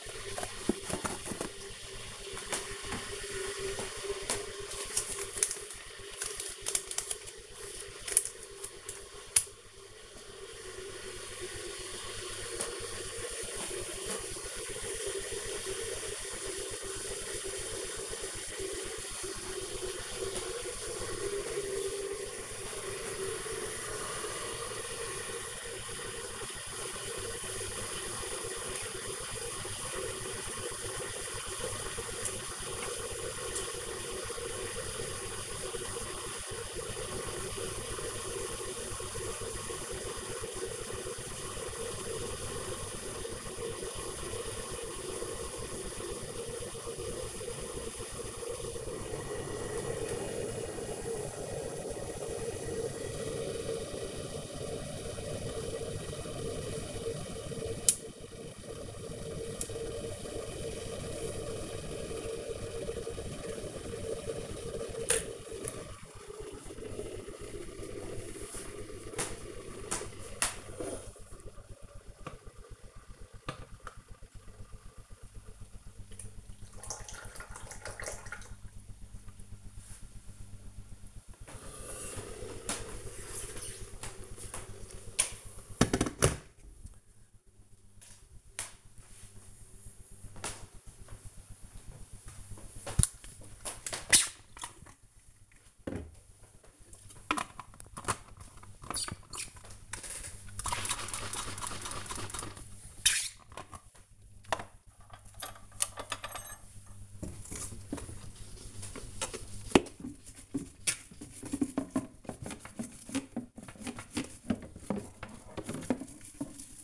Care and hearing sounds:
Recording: household activities, microphone on the right wrist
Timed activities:
0.00-85.69 s: making tea
91.72-116.84 s: washing dishes

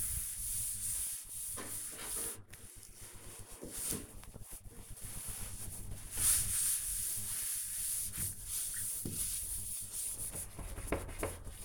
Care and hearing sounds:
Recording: household activities, microphone on the right wrist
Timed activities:
0.00-11.65 s: cleaning door

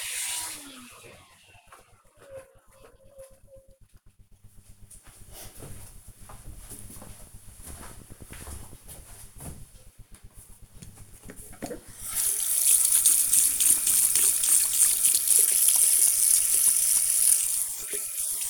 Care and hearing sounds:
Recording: household activities, microphone on the right wrist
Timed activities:
9.80-18.50 s: washing hands

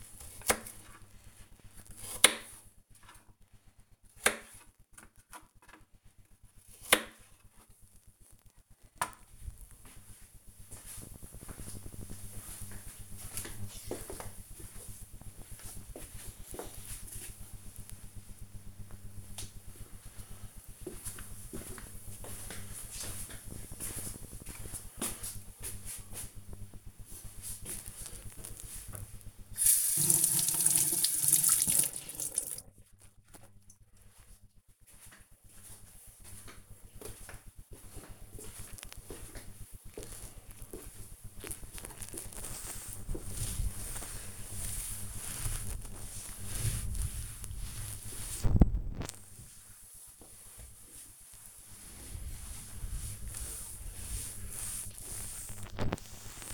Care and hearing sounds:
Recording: household activities, microphone on the right wrist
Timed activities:
0.00-8.53 s: cutting vegetables
26.68-56.54 s: cleaning table

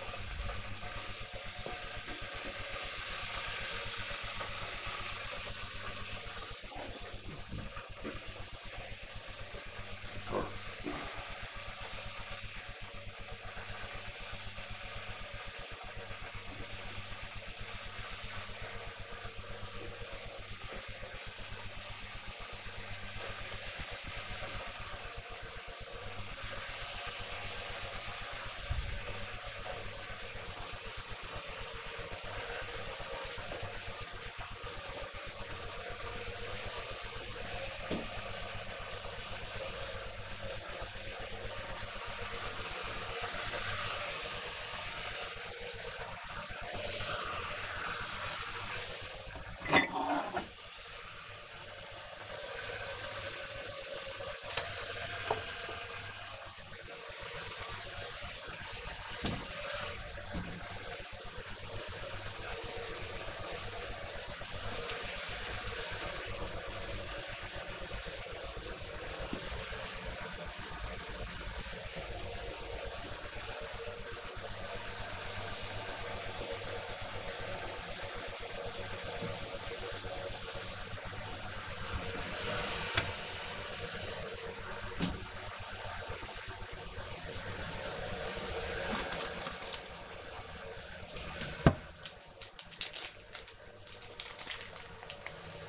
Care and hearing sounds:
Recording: household activities, microphone on the right wrist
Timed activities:
0.00-95.69 s: making tea

